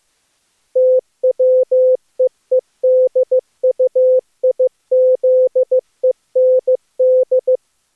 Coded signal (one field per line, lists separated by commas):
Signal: Morse code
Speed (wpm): 15 wpm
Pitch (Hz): 510 Hz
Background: none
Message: TWEEDUIZEND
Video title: Daily Minutes, January 1st, 2016, without the Contestia